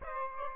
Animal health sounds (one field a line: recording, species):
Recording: mosquito wingbeat signal from an infrared sensor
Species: Aedes albopictus